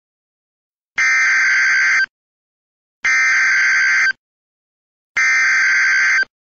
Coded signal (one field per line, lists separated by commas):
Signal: Emergency Alert System (SAME) tones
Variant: header bursts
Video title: EAS Mock - St. Patty's Day Chaos in St. Louis